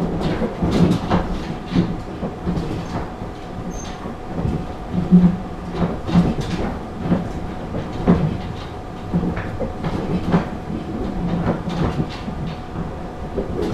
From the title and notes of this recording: 陸羽東線1726D（キハ111-216） 鳴子温泉-鳴子御殿湯. Rikuu-east Line 1726D Naruko Spa. to Naruko Gotenyu. The Rikuuto Line of JR East, which connects Shinjo in Yamagata Prefecture to Kogota in Miyagi Prefecture.